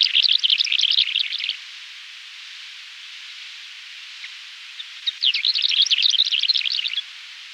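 Lesser short-toed lark song, two dense bursts of quick, jumbled twittering notes, each lasting one and a half to two seconds, separated by a quiet gap with faint hiss.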